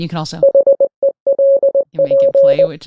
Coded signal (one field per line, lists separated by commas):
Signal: Morse code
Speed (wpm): 19 wpm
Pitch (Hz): 550 Hz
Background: speech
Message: HELP